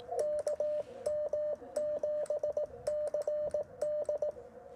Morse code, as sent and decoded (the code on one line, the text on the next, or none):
-.- -- --... -.-. -..
KM7CD